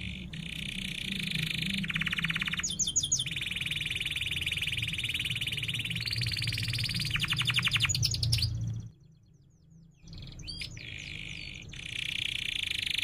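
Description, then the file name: Canary song: long buzzy rolling trills held for seconds, broken by brief high notes and a short pause, then trilling resumes over low background noise. Singing in full voice style described as cuit-cuit ngerol tajam: sharp chirping and rolling. "Suara Kenari Gacor Cuit Cuit Ngerol Tajam"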